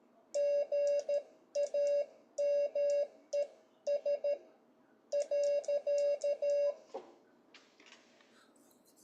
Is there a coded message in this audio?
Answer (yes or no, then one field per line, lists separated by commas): yes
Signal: Morse code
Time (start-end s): 0.4-6.7 s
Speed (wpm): 13 wpm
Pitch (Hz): 560 Hz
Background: none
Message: GAMES .